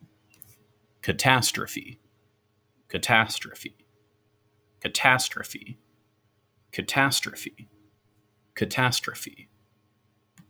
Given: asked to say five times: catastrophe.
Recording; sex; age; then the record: repeated word; male; 20 to 29 years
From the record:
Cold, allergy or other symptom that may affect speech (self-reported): no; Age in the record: 20 years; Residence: Texas, United States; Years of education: 14